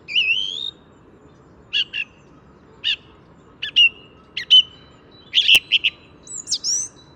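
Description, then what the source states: Song Thrush song of short sharp notes repeated roughly once a second, a rising whistle at the start and a quick twittering phrase near the end; quiet background hum. Song thrush resuming its song on a spring morning in the Paris region, France, just after landing on a branch right in front of the recordist.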